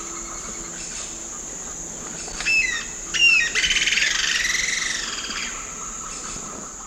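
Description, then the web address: White-eared jacamar calling: a couple of sharp, high descending notes, then a fast buzzy rattling series that slowly fades, over a steady high insect hiss. Recorded in the eastern lowlands of South America. "Natures Songs S America Eastern Lowlands White-eared Jacamar"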